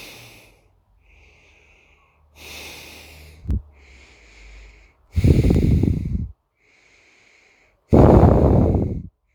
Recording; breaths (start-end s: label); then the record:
nose breathing near a microphone
0.00-0.76 s: exhalation
0.76-2.20 s: inhalation
2.20-3.59 s: exhalation
3.59-4.94 s: inhalation
4.94-6.31 s: exhalation
6.31-7.70 s: inhalation
7.70-9.00 s: exhalation
9.00-9.35 s: inhalation
From the record:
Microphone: phone